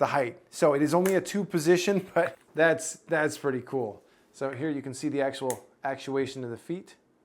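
Someone talks while handling the plastic fold-out tilt feet on the underside of an aluminum Gravastar K1 Pro keyboard case, and the feet are being flipped out. Nothing has seated or clicked yet; the clip ends just before the foot snaps into position.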